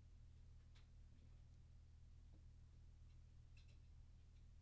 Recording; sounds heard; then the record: poultry house recording; no chicken sound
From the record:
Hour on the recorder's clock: 0